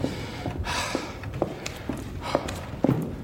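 Footsteps walk at a steady, unhurried pace as someone enters an office, about seven evenly spaced thuds over a soft hiss, with no one speaking.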